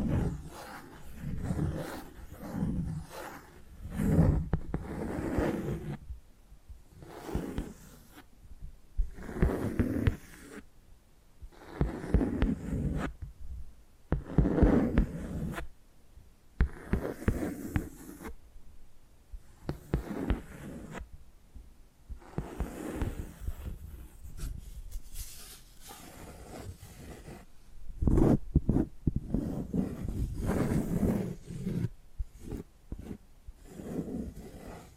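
Hypnotic tapping and scratching sounds in irregular bursts, each a rough, low-heavy rub or scrape lasting a second or two, separated by short quiet gaps. Sharper taps cluster between about 28 and 31 seconds, and the pace stays unhurried throughout.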